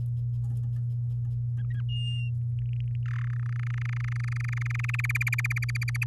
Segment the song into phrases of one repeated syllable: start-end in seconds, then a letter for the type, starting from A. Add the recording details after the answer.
1.57-1.81 A, 1.89-2.30 B, 2.58-2.96 C, 3.06-3.28 D, 3.30-4.96 E, 4.99-6.04 F. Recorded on 11 May 2018 at 06:04. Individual llb16